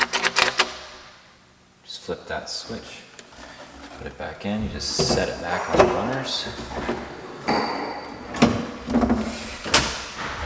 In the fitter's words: Push it in until it clicks, and then it's locked.